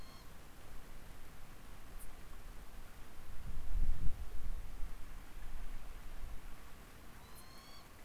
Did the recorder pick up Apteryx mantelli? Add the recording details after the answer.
no. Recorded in New Zealand on 16 October 2015. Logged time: 20:14. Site BM6